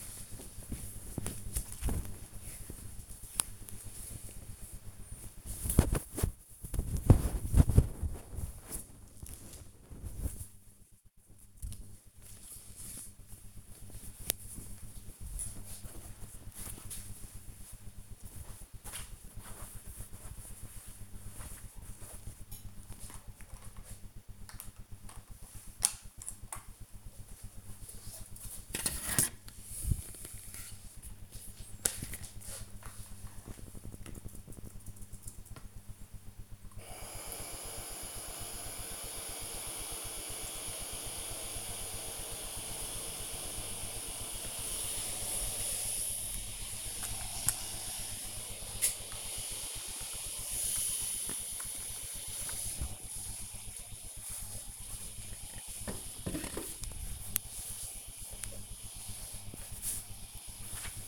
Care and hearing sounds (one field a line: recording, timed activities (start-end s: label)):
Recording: household activities, microphone on the right wrist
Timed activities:
31.20-58.37 s: refill